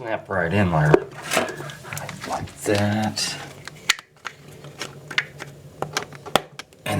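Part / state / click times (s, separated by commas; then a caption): plastic toilet bolt cap onto cap washer at toilet base / seated / 6.4 s. A second plastic decorative toilet bolt cap is pressed down onto its cap washer at the base of the toilet while someone talks. Several small clicks and taps follow the speech. The cap snaps on with a sharp click at 6.4 s and is seated.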